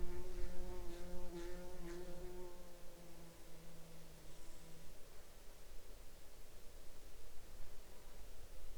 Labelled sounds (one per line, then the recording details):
insects
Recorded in the Arctic National Wildlife Refuge, Alaska, on 10 July 2021 at 20:45
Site 42